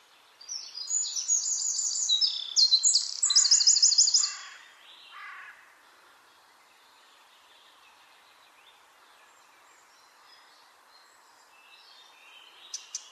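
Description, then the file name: Eurasian wren delivering one energetic high trilled song lasting about four seconds, with lower notes beneath, then near silence. "Troglodytes troglodytes"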